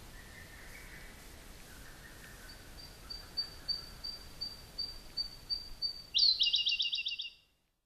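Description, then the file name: Siberian blue robin song: faint, thin, high notes repeated about three times a second, building into a loud, rapid, rattling trill. Sado Island, Japan, 20 June 2009. "koruri 090620 osado"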